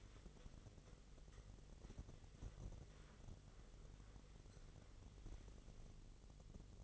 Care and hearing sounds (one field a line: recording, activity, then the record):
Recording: daily activity, microphone in the room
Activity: wipe stove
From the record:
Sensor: 4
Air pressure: 1004.1 hPa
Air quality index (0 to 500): 157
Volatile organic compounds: 2 ppm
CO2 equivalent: 1118 ppm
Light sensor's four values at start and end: 14/33/14/15 and 14/32/13/14